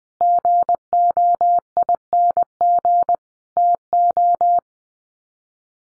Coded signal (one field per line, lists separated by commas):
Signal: Morse code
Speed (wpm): 20 wpm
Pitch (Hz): 700 Hz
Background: none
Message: GOING TO